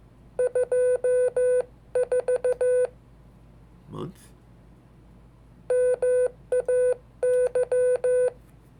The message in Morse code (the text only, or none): 24 MAY